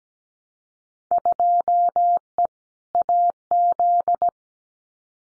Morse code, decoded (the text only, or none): 2E AZ